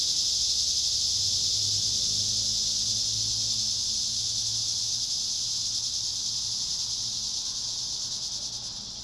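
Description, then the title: Cicadas droning together in a continuous high sizzling hiss that gradually fades toward the end, over a faint low hum. Cicadas at Trinity. "neoscenes: cicadas at Trinity"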